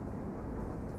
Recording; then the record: background sound without coughing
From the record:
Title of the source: Train Ride Ambience ambient white noise for sleeping, focus, studying, reading